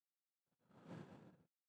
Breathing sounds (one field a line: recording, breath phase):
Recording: one breath near a microphone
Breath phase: exhalation